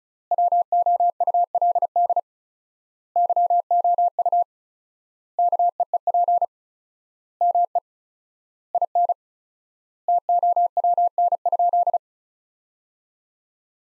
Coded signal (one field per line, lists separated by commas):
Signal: Morse code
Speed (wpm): 34 wpm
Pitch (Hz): 700 Hz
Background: none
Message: WOULD YOU KEEP ME IN TOWN?